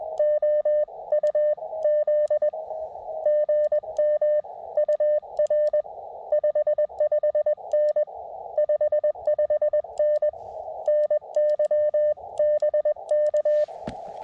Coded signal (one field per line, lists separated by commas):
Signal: Morse code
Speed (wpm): 21 wpm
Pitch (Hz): 600 Hz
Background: radio noise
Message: OUZ GM UR 55N 55N NY BK